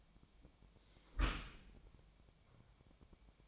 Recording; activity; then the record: daily activity, microphone in the room; close dishwasher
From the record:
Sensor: 1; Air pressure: 1006.6 hPa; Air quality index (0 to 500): 210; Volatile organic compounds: 25 ppm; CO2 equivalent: 2832 ppm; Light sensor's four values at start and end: 12/32/13/14 and 13/33/13/14